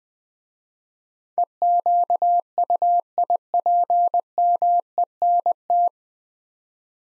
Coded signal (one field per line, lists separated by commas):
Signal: Morse code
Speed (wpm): 21 wpm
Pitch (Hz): 700 Hz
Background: none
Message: EQUIPMENT